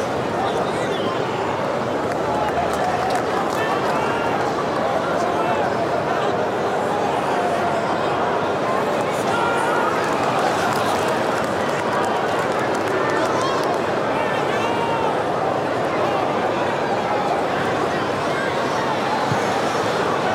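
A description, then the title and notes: A rugby league crowd fills the whole twenty seconds with a dense, steady roar of many voices, strongest in the low and middle range. Scattered shouts and brief cheers rise out of the murmur, and the level stays even throughout. Sounds of Rugby League.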